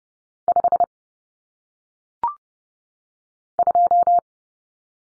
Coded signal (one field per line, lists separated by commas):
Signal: Morse code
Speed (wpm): 30 wpm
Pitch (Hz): 700 Hz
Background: none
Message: 5 2